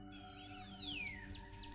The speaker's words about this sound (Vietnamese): Trời sáng, những con chim đang hót líu lo trên những cành cây, người đi chợ, người đi bán.